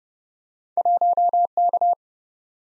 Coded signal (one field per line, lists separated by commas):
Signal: Morse code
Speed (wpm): 30 wpm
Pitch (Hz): 700 Hz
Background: none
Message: 1K